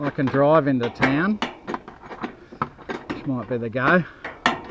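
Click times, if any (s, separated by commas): 4.5 s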